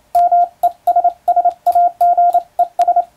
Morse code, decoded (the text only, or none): MESSAGES